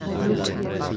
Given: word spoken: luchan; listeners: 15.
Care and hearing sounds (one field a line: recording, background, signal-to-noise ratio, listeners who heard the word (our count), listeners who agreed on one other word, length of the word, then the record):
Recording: one Spanish word in noise, from a listening test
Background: eight-talker babble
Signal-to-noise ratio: -1.1 dB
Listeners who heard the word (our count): 1 of 15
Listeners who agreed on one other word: 12 of 15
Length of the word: 0.57 s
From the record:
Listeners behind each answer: 12, 1, 1, 1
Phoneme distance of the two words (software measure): 7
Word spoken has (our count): 2 syllables, 5 phonemes, stress on syllable 1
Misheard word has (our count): 2 syllables, 4 phonemes, stress on syllable 1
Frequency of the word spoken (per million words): 5.15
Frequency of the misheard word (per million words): 133.94